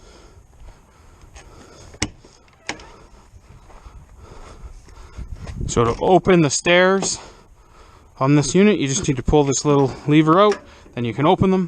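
On a 2020 Jayco Jay Flight SLX 224 BH RV, the exterior range hood vent cover is pushed closed by hand into its wall vent housing so it is latched for travel. Two sharp clicks at 2.0 s and 2.7 s mark it latching into place, and then someone talks.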